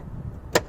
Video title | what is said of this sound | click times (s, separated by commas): N342RJ Aircraft Information Video | One click, two clicks. That's locked. | 0.6 s